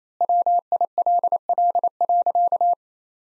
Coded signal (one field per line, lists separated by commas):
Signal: Morse code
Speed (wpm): 27 wpm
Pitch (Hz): 700 Hz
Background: none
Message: WILL.